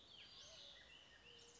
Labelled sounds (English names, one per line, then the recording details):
Bullock's Oriole
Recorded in Sonoma County, California